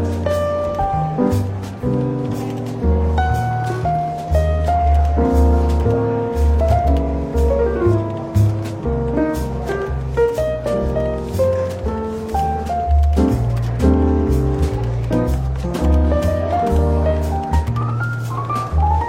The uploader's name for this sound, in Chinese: 伦敦书店咖啡馆轻微喧闹氛围与柔和轻松的爵士背景音乐